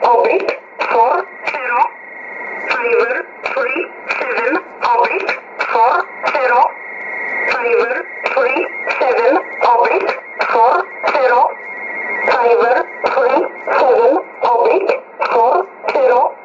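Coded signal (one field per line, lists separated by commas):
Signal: numbers station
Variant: E11 Oblique, English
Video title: 28 02 2018 E11 Oblique Numbers station in English to Eu 0900 on 9446 unknown tx site in USB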